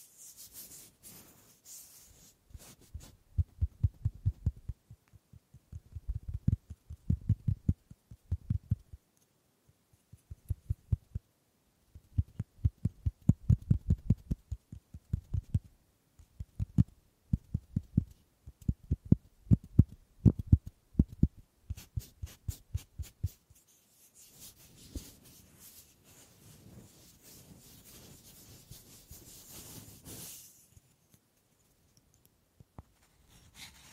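Wood triggers: soft, low knocks and taps come in quick bursts of repeated hits for most of the first twenty-two seconds, with brief pauses between groups. After that, a lighter, brighter scratching or rubbing sound runs for several seconds before things settle.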